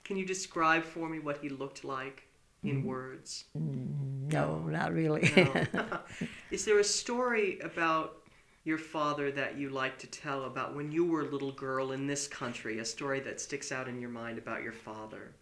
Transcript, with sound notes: Can you describe for me what he looked like, in words?
No, not really. ( they laugh )
Is there a story about your father that you like to tell about when you were a little girl in this country, a story that sticks out in your mind about your father?